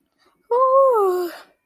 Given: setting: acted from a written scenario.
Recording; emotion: vocal sound without words; triumph